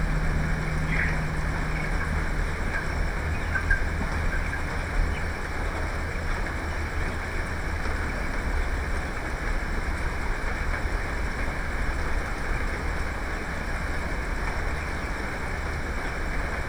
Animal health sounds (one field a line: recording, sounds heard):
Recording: poultry house recording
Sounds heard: healthy chickens